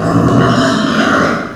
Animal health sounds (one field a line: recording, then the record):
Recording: squeal of a Yucatan mini pig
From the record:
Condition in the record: after surgery on the right vocal fold (resection and tissue-engineered implant)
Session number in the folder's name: 9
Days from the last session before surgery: 65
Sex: female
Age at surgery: 19 weeks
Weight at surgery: 25 kg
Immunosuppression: prednisolone